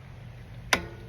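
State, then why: Seated. With the brakes held, a rider steps down on a bicycle pedal to pull the chain taut, snapping the metal quick link closed on the bicycle chain. A single sharp click sounds at 0.7 s over a low background hum. The quick link is seated and the chain is back in place.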